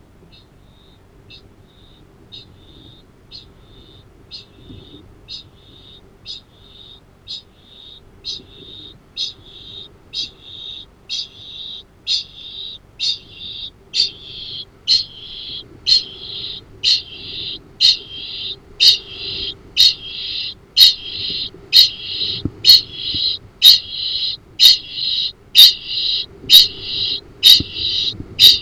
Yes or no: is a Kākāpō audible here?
yes